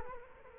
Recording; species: mosquito wingbeat signal from an infrared sensor; Culex quinquefasciatus